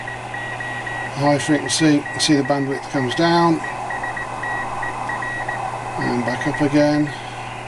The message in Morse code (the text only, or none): E OLCHESTER ESS